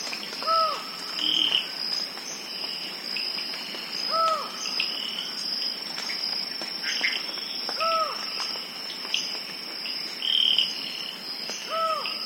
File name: collared forest falcon